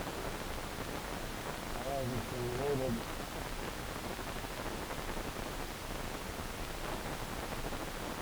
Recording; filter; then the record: brain microelectrode recording played as sound; wide band, above 20 Hz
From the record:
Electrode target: subthalamic nucleus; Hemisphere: left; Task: reaching with the right hand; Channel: 2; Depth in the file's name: 1.267 mm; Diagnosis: Parkinson's disease